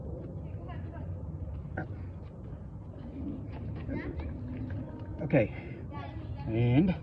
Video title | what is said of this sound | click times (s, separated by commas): February 22, 2021 | push it in until it clicks. | 1.8 s